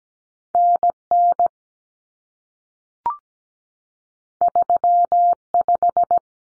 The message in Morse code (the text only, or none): NN 35